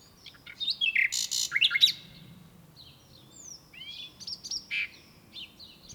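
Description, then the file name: Common nightingale song in varied bursts: harsh buzzy phrases and sharp notes, then thin rising whistles and short chattering phrases after a pause. "Luscinia megarhynchos"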